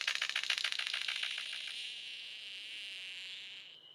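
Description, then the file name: Golden bowerbird making a quick dry rattle that runs into a long, steady, high buzzing tone fading at the end. "Prionodura Newtoniana"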